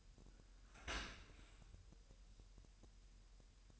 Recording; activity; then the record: daily activity, microphone in the room; open dishwasher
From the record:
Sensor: 2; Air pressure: 1000.5 hPa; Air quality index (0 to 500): 246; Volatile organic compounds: 91 ppm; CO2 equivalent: 3691 ppm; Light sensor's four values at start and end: 9/22/9/9 and 9/22/9/9